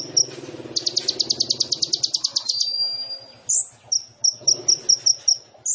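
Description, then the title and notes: Sunbird song: a long, fast high-pitched trill, then a drawn thin whistle, sharp upslurs and a series of quick chips. Masteran for training songbirds, suitable as a lure (pancingan): full fill-ins (isian) and tembakan bursts in lively gacor singing. "MASTERAN KOLIBRI NINJA FULL ISIAN DAN TEMBAKAN COCOK BUAT PANCINGAN. Suara Burung Kolibri Ninja Gacor"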